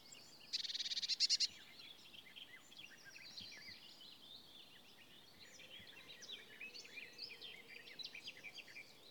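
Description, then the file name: Eurasian blue tit churring in a quick rattling burst of about a second near the start, followed by a dense background chorus of high twittering birds. "Cyanistes caeruleus"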